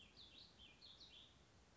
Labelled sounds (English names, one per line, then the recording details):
Warbling Vireo
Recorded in Sonoma County, California